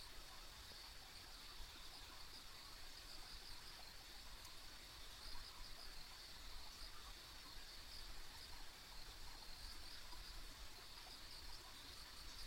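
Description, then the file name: Insects trilling steadily in a thin high band without pause, under a background of continuous hiss and deep rumble. Ambient insect sounds on a rural country road. "田舎道の虫の環境音"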